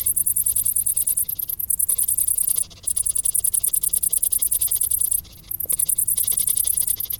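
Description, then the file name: Dense cricket trilling, a shrill pulsed chorus broken by two short gaps. "Grillen"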